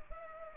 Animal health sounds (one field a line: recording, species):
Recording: mosquito wingbeat signal from an infrared sensor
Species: Culex pipiens